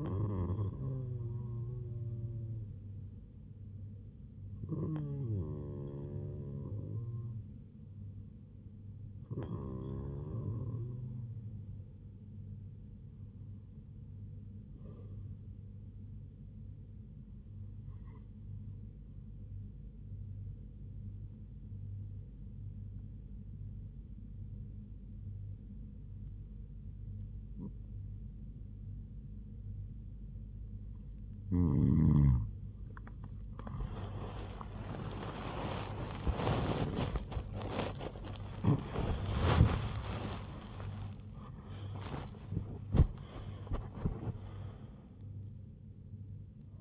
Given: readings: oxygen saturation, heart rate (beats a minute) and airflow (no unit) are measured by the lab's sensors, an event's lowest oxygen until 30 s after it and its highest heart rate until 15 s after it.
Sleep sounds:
a person awake in a sleep study, by a smartphone at the bedside; 1
20.00-35.10 s: hypopnea (REM, oxygen 98% highest, then 98% lowest, heart rate 78 at the start, 104 highest)
22.00-46.81 s: new sleep stage, awake
From the record:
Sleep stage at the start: REM sleep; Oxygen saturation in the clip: 97 to 98%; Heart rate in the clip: 70 to 104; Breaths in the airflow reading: 9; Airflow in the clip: -10.2 to 13.0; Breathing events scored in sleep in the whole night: 158 in 7.3 hours asleep

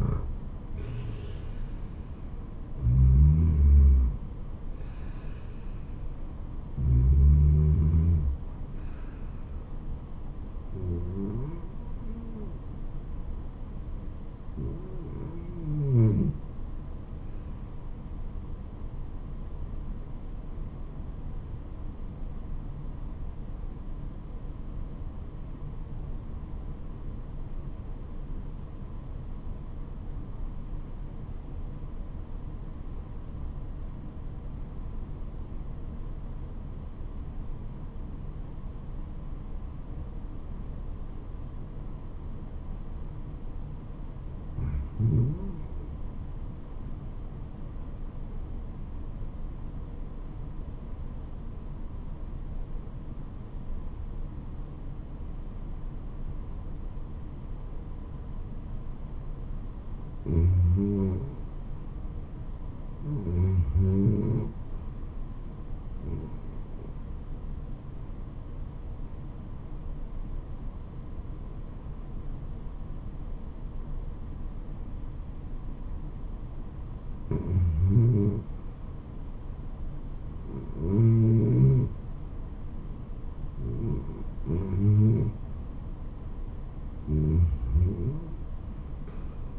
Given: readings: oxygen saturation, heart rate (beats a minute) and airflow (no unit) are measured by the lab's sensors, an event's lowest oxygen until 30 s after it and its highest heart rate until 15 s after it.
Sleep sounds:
breathing in sleep by a smartphone at the bedside; 1
20.00-61.00 s: obstructive apnea (REM, oxygen 97% highest, then 83% lowest, heart rate 80 at the start, 80 highest)
From the record:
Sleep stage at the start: REM sleep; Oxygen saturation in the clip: 84 to 97%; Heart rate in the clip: 62 to 80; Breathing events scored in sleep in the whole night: 426 in 7.4 hours asleep

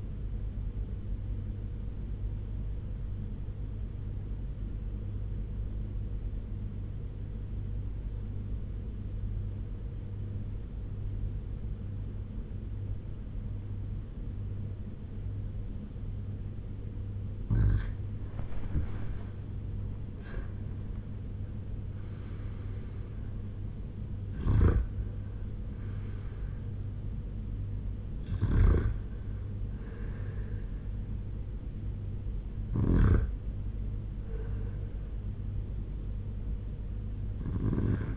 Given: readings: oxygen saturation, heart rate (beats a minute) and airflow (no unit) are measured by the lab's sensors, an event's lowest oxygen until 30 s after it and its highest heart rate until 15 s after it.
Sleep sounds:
breathing in sleep by a smartphone at the bedside; 1
3.00-17.90 s: obstructive apnea (REM, oxygen 85% highest, then 80% lowest)
5.00-38.17 s: new sleep stage, N1 (lightest sleep)
From the record:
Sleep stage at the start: REM sleep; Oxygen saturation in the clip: 80 to 89%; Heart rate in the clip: 86 to 93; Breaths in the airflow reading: 5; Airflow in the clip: -10.3 to 7.1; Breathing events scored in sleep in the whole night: 201 in 6.5 hours asleep

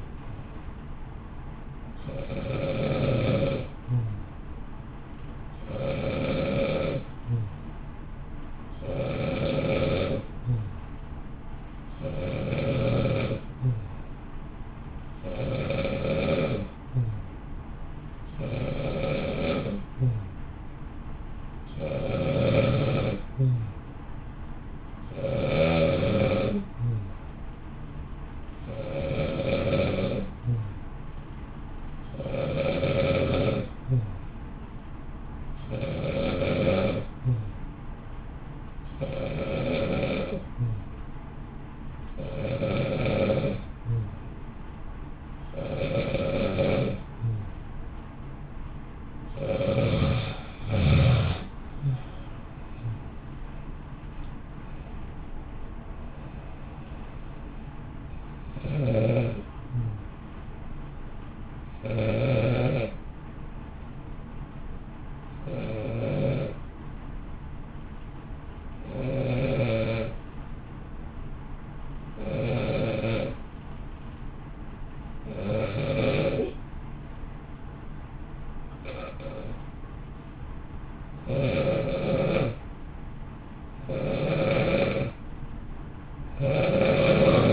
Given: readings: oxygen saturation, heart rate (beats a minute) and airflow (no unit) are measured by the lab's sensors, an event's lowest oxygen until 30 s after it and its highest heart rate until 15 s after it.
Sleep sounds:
breathing in sleep by a smartphone at the bedside; 2
36.00-53.60 s: hypopnea (N2, oxygen 92% highest, then 91% lowest, heart rate 57 at the start, 61 highest)
64.00-81.30 s: hypopnea (N2, oxygen 94% highest, then 87% lowest, heart rate 56 at the start, 64 highest)
68.00-87.53 s: new sleep stage, N1 (lightest sleep)
From the record:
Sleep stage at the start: N2 (light sleep); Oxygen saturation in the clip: 90 to 95%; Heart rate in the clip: 54 to 63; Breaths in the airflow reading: 36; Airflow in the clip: -1.0 to 1.1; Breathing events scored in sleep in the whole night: 328 in 6.3 hours asleep

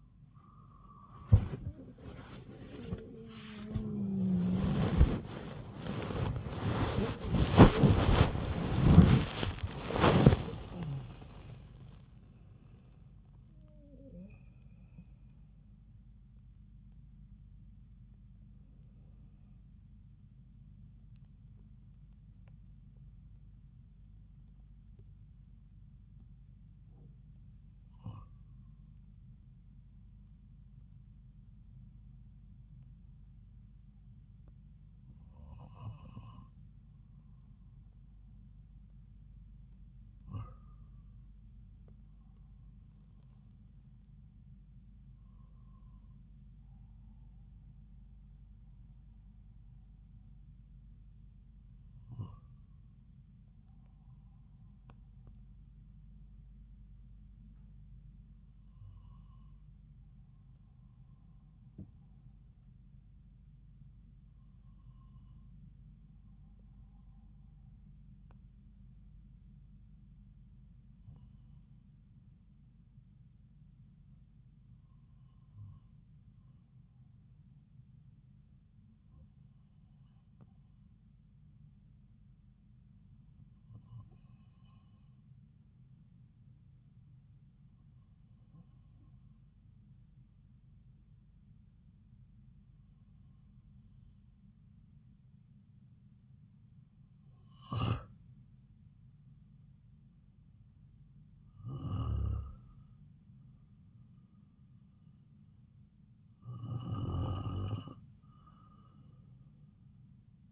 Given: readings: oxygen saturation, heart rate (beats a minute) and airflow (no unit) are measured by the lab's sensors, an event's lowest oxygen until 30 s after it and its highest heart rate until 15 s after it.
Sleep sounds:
breathing in sleep by a smartphone at the bedside; 1
27.00-100.00 s: hypopnea (N1, oxygen 98% highest, then 92% lowest)
90.00-110.52 s: new sleep stage, N2 (light sleep)
From the record:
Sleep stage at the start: N1 (lightest sleep); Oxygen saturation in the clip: 82 to 98%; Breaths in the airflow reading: 20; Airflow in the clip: -7.9 to 11.1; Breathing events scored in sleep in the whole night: 270 in 6.1 hours asleep

